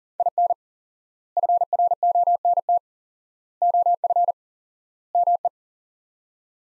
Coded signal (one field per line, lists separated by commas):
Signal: Morse code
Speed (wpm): 40 wpm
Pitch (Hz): 700 Hz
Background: none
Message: IN FRONT OF ME